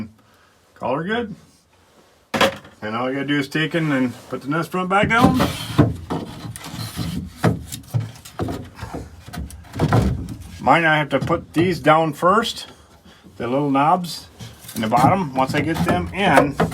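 A wooden nest front is put back down onto a nest box base and moved about, with rubbing and knocking sounds while its little knobs are lined up at the bottom. Someone talks throughout. Nothing has seated or locked into place yet.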